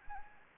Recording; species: mosquito wingbeat signal from an infrared sensor; Anopheles arabiensis